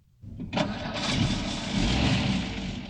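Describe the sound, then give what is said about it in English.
A car engine cranks and catches after a brief quiet moment, then settles into a steady, loud rumbling idle with a broad hiss over the low drone. “the Morgans are on their way home now. They're in their car.”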